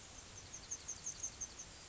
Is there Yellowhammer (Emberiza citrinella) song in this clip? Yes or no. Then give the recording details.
yes. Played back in grassland. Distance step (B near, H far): F. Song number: 008